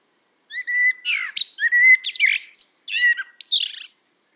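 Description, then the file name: Common blackbird song: a mellow fluted whistle opening the phrase, followed by a burst of squeaky, scratchy high twitters, in one phrase of about three and a half seconds. "Turdus merula"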